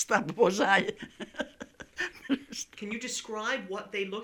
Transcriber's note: laughing heartily